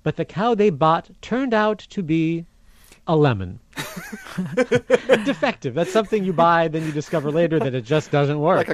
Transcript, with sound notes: But the cow they bought turned out to be a lemon, defective. [laughter] That's something you buy then you discover later that it just doesn't work."